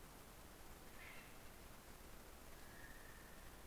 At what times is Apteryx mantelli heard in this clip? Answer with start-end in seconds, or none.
none